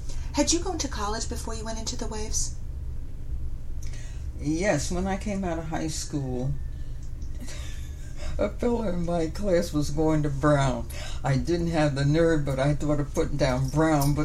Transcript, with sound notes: Had you gone to college before you went into the WAVES?
Yes, when I came out of high school. (laughs) A fellow in my class was going to Brown. I didn't have the nerve, but I thought about putting down Brown.